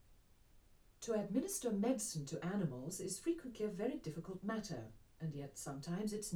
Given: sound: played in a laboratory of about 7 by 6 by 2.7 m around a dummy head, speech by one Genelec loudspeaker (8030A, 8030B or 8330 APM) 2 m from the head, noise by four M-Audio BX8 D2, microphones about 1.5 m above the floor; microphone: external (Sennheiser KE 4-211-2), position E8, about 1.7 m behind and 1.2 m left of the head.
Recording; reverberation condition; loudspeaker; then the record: female speech in English; low; 30 degrees to the right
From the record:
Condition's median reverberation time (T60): about 310 ms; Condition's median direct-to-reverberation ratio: about 3.5 dB